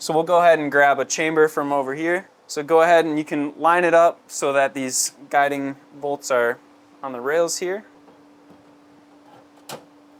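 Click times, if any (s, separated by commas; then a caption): 9.7 s. Someone talks while lining up a powder build chamber so its guiding bolts sit on the rails of a desktop SLS 3D printer, then pushes it in. A short, sharp click is heard at 9.7 seconds as the chamber seats in place.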